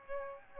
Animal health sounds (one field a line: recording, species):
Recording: mosquito wingbeat signal from an infrared sensor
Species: Aedes albopictus